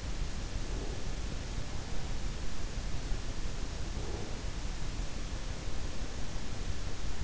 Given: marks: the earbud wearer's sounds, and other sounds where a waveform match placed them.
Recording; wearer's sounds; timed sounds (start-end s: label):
sounds in sleep by an in-ear microphone; breath
0.50-1.08 s: breath
3.90-4.38 s: breath